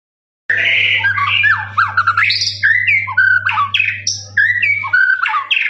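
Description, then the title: Lovebird chattering song: fast squeaky, squawking notes jumping up and down in pitch without pause, over a steady low electrical hum. Long, extended "ngekek" chattering song of a lovebird, used as a master recording for training birds. "FULL DURASI MASTERAN LOVEBIRD NGEKEK PANJANG"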